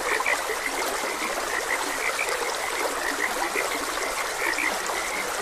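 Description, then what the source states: Several frogs chirp in quick bursts over a trickling stream. Frogs croaking beside a gentle stream.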